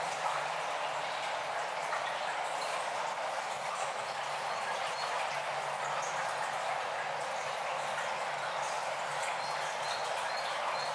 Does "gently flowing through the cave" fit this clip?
yes